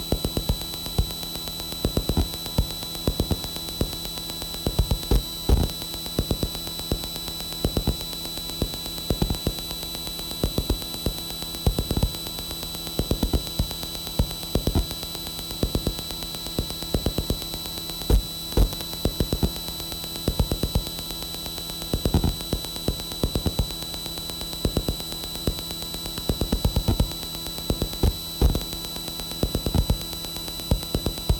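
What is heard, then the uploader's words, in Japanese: A CD drive ripping a disc: a steady mechanical hum with fixed whining tones runs throughout. Over it come dense, irregular ticks and clicks, several per second, some louder than others, scattered across the whole half minute. CDリッピング。外付けドライブで読み込んでいたらスピーカーから滅茶苦茶カッコいいノイズが出るのでオーディオ・インターフェイスのライン出力を録ってしまいました（どこの段階でノイズが混入しているかは不明）。レコーダー：TASCAM Portacapture X8（32bit float/ 96kHz収録）。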